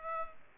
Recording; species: mosquito wingbeat signal from an infrared sensor; Culex pipiens